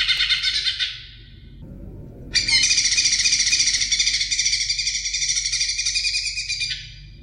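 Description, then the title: Oriental magpie-robin song: a short buzzy burst, a quiet gap of about a second and a half, then a long rapid chattering trill lasting over four seconds. "Kicau Kacer"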